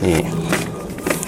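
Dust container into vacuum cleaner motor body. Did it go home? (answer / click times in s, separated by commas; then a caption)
yes / 1.1 s, 1.2 s. Someone talks as the washable plastic dust container is put back onto the motor body of a small Simplus 400 W vacuum cleaner and twisted. Sharp clicks at 1.1 s and 1.2 s mark the container locking into place, and it is seated.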